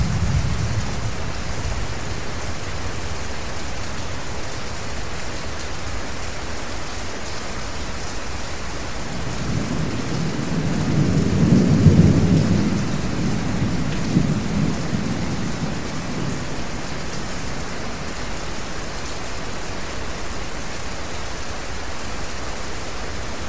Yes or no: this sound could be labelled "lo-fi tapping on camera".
no